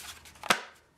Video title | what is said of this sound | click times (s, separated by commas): Big Order. Custom Kydex Holsters for Sig Mosquito, Glock 19/25 with C5L | pops right in | 0.5 s